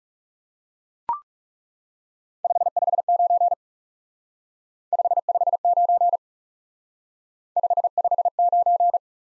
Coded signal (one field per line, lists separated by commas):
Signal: Morse code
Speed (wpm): 38 wpm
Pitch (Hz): 700 Hz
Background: none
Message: 559 559 559